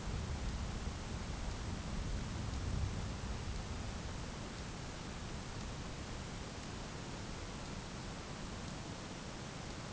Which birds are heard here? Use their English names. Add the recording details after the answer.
none. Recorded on Arctic tundra, site ZACK-1, on 12 June 2019. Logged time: 05:49